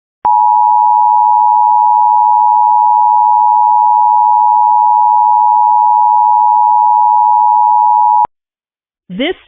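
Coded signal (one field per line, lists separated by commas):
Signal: Emergency Alert System (SAME) tones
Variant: 853 and 960 Hz attention tone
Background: speech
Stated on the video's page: Statewide required monthly test relayed via IPAWS CAP on a Cox cable system.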